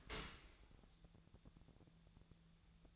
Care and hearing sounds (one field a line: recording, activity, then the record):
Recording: daily activity, microphone in the room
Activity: open dishwasher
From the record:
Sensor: 3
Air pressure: 1000.5 hPa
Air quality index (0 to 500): 175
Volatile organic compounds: 3 ppm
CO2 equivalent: 1517 ppm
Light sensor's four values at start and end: 13/35/13/15 and 13/34/13/15